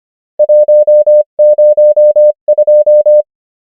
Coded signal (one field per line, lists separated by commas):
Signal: Morse code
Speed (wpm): 25 wpm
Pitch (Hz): 600 Hz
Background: none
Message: 1 0 2